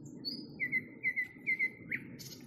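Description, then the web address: Nightingale song phrase of clear whistled notes in pairs, steady in pitch, ending in a sharp burst, against low background hum. Nightingale singing, recorded in May 2021. "spiew-slowika-2021-maj-spiew-slowika"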